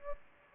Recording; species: mosquito wingbeat signal from an infrared sensor; Aedes aegypti